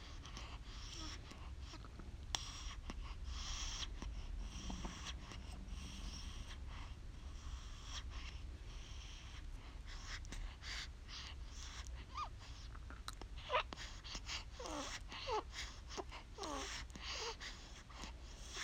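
A newborn breathes heavily and suckles, with frequent wet clicks and smacks across the whole stretch. Breathy hisses rise and fall, and short high squeaks cluster near the end, over a steady low rumble in the background.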